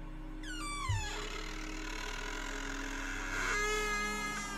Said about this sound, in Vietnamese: anh thấy cánh cửa phòng đang chậm chậm mở ra. Cái bản lề cũ kỹ lâu ngày rít lên những tiếng kẽo kẹt.